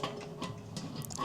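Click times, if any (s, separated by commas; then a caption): 1.0 s, 1.2 s. The hinged lid of a Weber Premium Master Touch SE E-5775 charcoal kettle grill is fitted onto its metal hinge bracket on the kettle bowl, with a few dull knocks near 0.0, 0.4 and 0.8 seconds. Two short, sharp clicks at 1.1 and 1.2 seconds mark the lid clipping in and seating on its hinge.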